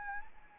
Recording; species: mosquito wingbeat signal from an infrared sensor; Anopheles arabiensis